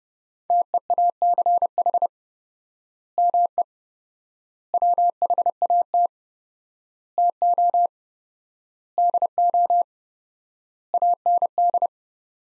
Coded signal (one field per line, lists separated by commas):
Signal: Morse code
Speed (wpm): 30 wpm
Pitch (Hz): 700 Hz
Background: none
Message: TEACH ME WHAT TO DO AND